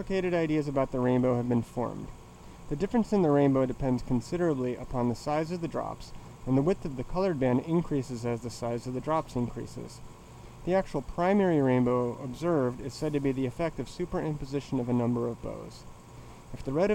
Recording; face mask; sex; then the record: reading aloud; surgical mask; male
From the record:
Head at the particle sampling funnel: tilted down, bridge of the nose in front of it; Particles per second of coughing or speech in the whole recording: 1.81